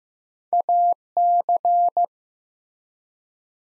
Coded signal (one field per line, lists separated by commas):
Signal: Morse code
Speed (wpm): 15 wpm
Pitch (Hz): 700 Hz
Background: none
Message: AC